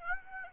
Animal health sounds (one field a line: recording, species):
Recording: mosquito wingbeat signal from an infrared sensor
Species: Aedes aegypti